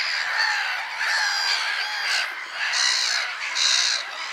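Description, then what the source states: Black-headed gulls calling in a dense crowd, harsh overlapping squawks in bursts, with high screechy notes swelling and fading. Many birds calling together.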